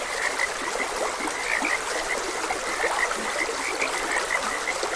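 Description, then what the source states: Frogs give short croaks in irregular runs, standing out over constant stream water. Frogs croaking beside a gentle stream.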